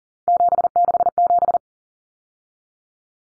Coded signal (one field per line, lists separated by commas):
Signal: Morse code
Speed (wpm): 40 wpm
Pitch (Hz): 700 Hz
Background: none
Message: 767